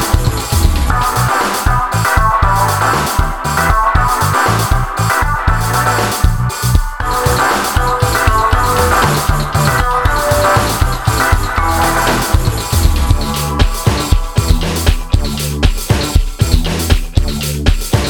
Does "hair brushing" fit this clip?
no